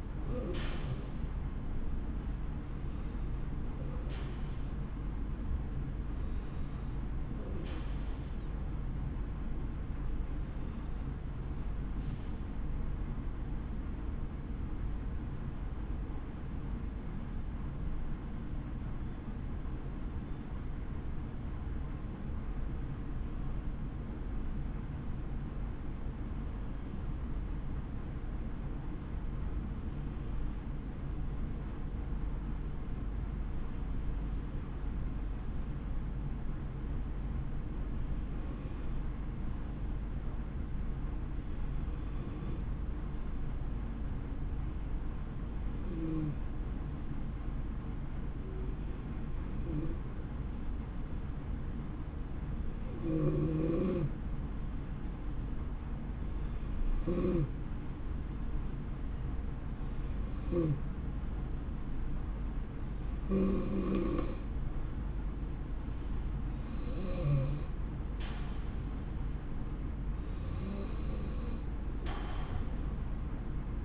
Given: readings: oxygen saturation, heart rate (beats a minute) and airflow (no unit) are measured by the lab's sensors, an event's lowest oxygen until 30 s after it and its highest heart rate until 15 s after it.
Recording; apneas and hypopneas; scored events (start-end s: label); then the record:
breathing in sleep by a smartphone at the bedside; 1
8.00-42.60 s: hypopnea (N2, oxygen 95% highest, then 88% lowest, heart rate 64 at the start, 73 highest)
From the record:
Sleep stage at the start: N2 (light sleep); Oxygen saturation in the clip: 84 to 95%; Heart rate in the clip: 61 to 73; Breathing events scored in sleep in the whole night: 160 in 9.3 hours asleep